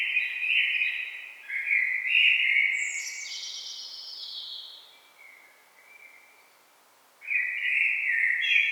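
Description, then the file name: Common blackbird in full song, a rich fluty phrase running into a high, squeaky trailing flourish, then after a short pause another warbled phrase begins. "Turdus merula"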